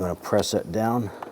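Someone talks while a plastic MAP sensor for a 2005-2010 Chrysler 300 is handled and pressed down toward its sealed port on the back of the intake manifold. The clip ends before the part goes home, so nothing has seated or clicked yet.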